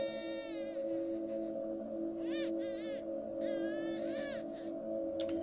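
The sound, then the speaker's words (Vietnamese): Thin, high-pitched wails of children crying faintly all around rise and fall in several wavering bursts, heard over a steady, droning rush of rustling wind. “Tôi chỉ biết rằng lẫn trong âm thanh xào xạc của tiếng gió, tôi mơ mơ hồ hồ nghe tiếng trẻ con khóc nheo nhéo ở xung quanh.”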